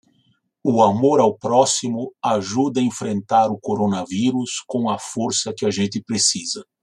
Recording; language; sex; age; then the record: spoken sentence; Brazilian Portuguese; male; 60 to 69 years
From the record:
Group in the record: control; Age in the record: 60 years